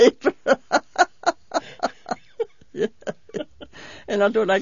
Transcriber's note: she laughs